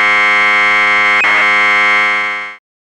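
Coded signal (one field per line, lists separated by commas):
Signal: Commodore tape loading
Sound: steady harsh buzzing tone, rich in harmonics, brief crackle midway, then fading out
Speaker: reminded me that I still have tapes from the 1980s that contain data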